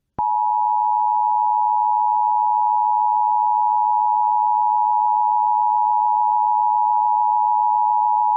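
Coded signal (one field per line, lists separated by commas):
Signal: Emergency Alert System (SAME) tones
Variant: 853 and 960 Hz attention tone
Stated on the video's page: Compilation of real historical and other emergency alerts found online.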